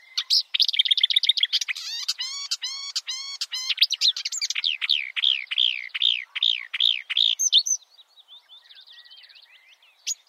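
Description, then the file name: Marsh warbler song, a fast run of repeated chirps giving way to sweeping arched notes, then quieter buzzing near the end and one final sharp note. "suara-kicauan-burung-marsh-warbler -omkicau"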